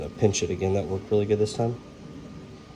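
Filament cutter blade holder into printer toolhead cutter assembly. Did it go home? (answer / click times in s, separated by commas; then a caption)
no / none. A replacement razor blade holder for the filament cutter is pinched into the toolhead cutter assembly of a Bambu P1S, P1P or X1 3D printer. Someone talks over a steady background hum, with no distinct clicks. Nothing has seated or clicked yet; the holder is still being handled.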